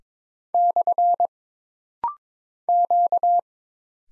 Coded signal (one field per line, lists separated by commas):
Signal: Morse code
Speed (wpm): 22 wpm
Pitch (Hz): 700 Hz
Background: none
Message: / Q